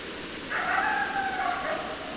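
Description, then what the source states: Coyote howl, a brief wavering, slightly falling howl with layered harmonics, partly blurred by a fairly loud background hiss. Recorded 10 December 2012.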